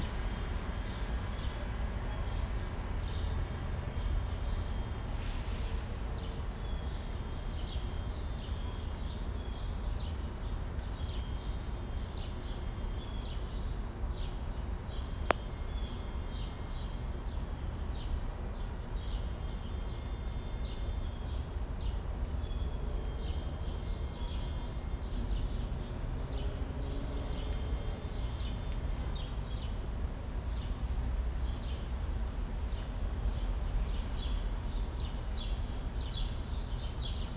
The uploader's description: Recorded outside of the 190th street station in Inwood, New York.